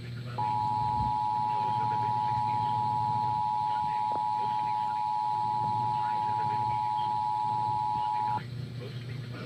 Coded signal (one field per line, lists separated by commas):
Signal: Emergency Alert System (SAME) tones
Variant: 853 and 960 Hz attention tone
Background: speech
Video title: EAS Tests and one FFW from 8/24/22